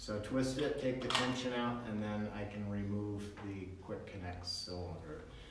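Someone talks while handling a spring-loaded quick-connect coupling with a gray twist-lock collar at an MSA SCBA mask adapter, twisting it to release the tension and removing it before pushing it back on. The clip ends before the part goes home: the quick-connect has not seated or clicked onto the adapter yet.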